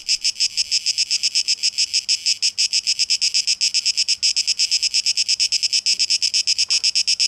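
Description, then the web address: Cicada song, a shrill pulsed buzz beating several times a second without pause, over a faint low hum. Cicadas in a tape echo mix, dated 12 August 2023. "rauschpartikel Audio 2023-08-12 Zikaden"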